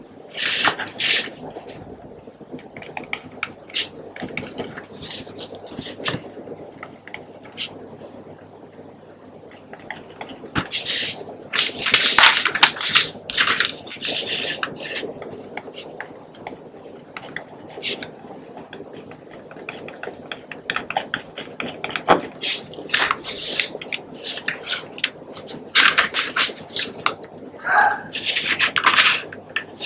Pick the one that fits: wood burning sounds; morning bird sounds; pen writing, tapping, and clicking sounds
pen writing, tapping, and clicking sounds